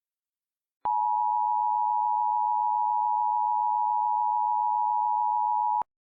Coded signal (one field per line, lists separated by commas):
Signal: Emergency Alert System (SAME) tones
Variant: 853 and 960 Hz attention tone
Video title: EAS Scenario: Absolutely Radioactive Part 6